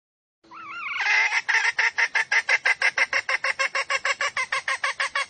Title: Pancingan Ayam Hutan Betina. Suara Ayam Hutan Betina